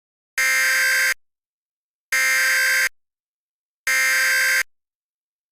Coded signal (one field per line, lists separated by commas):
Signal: Emergency Alert System (SAME) tones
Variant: header bursts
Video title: Mock EAS: Multi-Part Disaster Hybrid